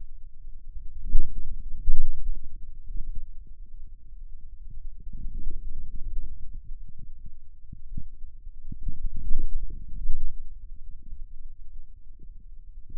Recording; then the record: forearm muscle sounds (acoustic myography)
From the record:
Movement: outward rotation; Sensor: system 2, bracelet of six BSWA MPA416 microphones around the upper forearm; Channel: 5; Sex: male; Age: 22 years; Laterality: right